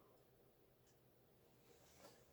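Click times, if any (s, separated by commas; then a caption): none. A bobbin case for a Bernina 730 Record sewing machine is held with its latch out and its small finger pointing up, lined up with the hook spindle before being pushed home. Only quiet, faint handling sounds are heard over a low steady background. Nothing has seated or clicked yet.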